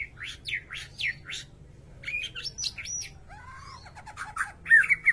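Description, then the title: White-rumped shama song, a rich varied medley of rapid descending whistles and chattering notes, over a low background hum. White-rumped shama song from a masteran training track for cage birds; full rolling song with shooting phrases. "Masteran Murai Batu Full Ngerol Nembak"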